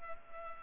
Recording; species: mosquito wingbeat signal from an infrared sensor; Culex pipiens